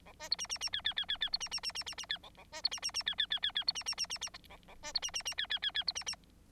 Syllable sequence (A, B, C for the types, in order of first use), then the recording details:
A B C D D D E E E E E C D D D D D D E A A B C D D D E E E E E C D D D D D A A B C D D D E E E E C D D. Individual Bird9